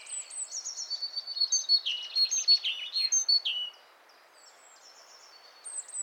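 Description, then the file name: Great tit calls: a dense run of sharp high chirps and falling notes over about four seconds, then near quiet before a few faint high notes return. "Parus major"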